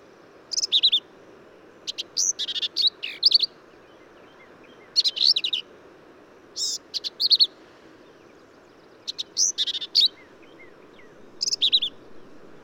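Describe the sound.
Black-capped vireo song, a series of quick warbled phrases mixing rasping and sweet high notes, repeated about every one to two seconds against low background hiss.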